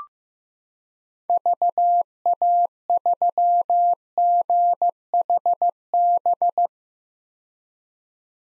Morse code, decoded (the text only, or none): VA3GHB